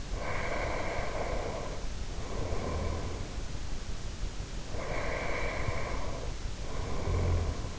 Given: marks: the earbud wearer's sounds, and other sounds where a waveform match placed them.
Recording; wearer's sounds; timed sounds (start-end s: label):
sounds in sleep by an in-ear microphone; breath
0.12-3.44 s: breath
4.54-7.79 s: breath